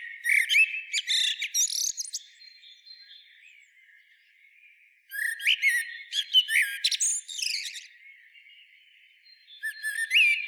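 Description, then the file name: Common blackbird song, two bursts of varied whistled and squeaky phrases with twittering notes, separated by a quiet pause, a third phrase starting at the end. "Turdus merula"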